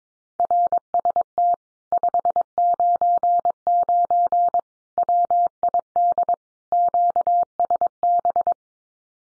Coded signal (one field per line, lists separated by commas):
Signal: Morse code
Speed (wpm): 22 wpm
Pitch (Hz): 700 Hz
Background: none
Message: RST 599 WID QSB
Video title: Common QSO Phrases Encore 22wpm